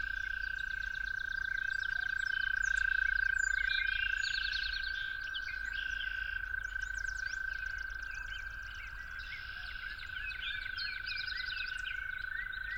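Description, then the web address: Toads giving a continuous monotone trill that holds steady the whole time, overlaid by a dense chorus of bird chips, trills and whistles. Toads recorded calling at dawn. "musicofnature Toads at Dawn"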